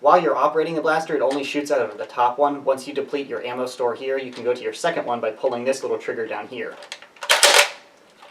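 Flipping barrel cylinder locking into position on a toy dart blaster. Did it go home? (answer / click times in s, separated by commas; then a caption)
yes / 7.4 s. Someone talks, then the secondary trigger on a plastic Nerf Zombie Strike Flipfury toy dart blaster is pulled, flipping the second barrel cylinder into firing position. A few quick clatters lead into a loud, firm smack at 7.4 seconds as the cylinder locks into place, cleanly rather than sloppily.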